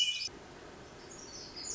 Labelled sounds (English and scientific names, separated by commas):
Pacific Wren (Troglodytes pacificus)